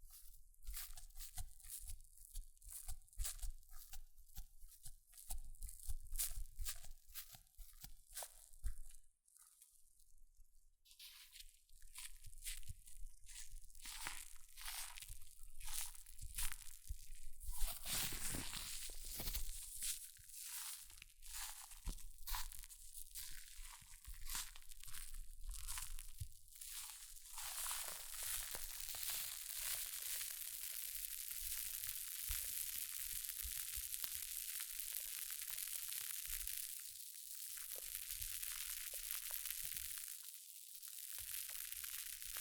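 Hair mousse fizzes and crackles in dense, rapid bursts of tiny pops for the first half, with a brief lull near nine seconds. After about twenty-eight seconds it settles into a steady, bright hiss, broken by two short dips near the end.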